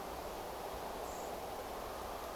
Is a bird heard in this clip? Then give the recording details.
yes. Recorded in France